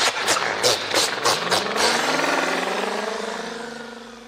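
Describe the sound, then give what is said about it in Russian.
A truck engine rumbles and knocks with a few sharp rattling bursts, then settles into a steady drone whose pitch slowly rises and fades as the vehicle pulls away. “Грозно сверкнув фарами, грузовик поехал дальше.”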